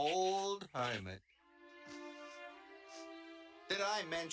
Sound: sniffles